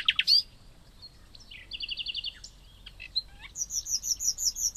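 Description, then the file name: Common nightingale song: loud opening notes, a quick trill, scattered short notes, then a series of repeated high whistled notes. "Luscinia megarhynchos"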